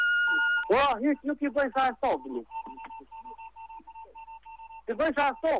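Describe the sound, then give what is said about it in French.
A telephone message left on an answering line: a steady two-tone signal gives way to warbling, voice-like chirps, then a run of short, evenly pitched Morse-like beeps in irregular dot-and-dash rhythm before the warbling returns. “Si vous comprenez le morse, n'hésitez pas à nous dire ce qu'il dit.”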